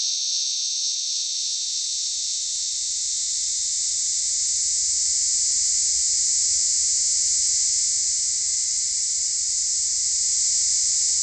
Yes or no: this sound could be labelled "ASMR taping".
no